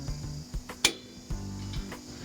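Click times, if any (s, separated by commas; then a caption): 0.8 s. A side knob on the lifted dish rack of an MDC XT16HR travel trailer's outdoor kitchen is turned, and its spring-loaded locking pin pops into the kitchen frame with a sharp click at 0.9 s, locking the rack up. Softer knocks come at about 0.7 s and 1.9 s over a steady low hum.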